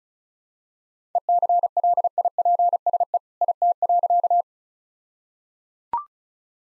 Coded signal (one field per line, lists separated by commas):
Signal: Morse code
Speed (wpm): 34 wpm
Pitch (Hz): 700 Hz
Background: none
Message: ECLIPSE IT.